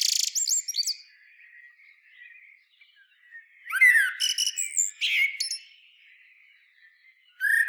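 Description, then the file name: Common blackbird song: warbled phrases with high, squeaky twittering, in several bursts separated by pauses. "Turdus merula"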